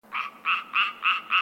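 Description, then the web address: Frog croaking, five short buzzy double-toned croaks at an even pace within a second and a half, with a faint low hum underneath. Frog in an unused swimming pool. "animal frog unused swimming pool"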